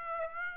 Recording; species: mosquito wingbeat signal from an infrared sensor; Aedes aegypti